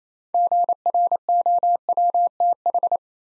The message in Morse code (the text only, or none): GROWTH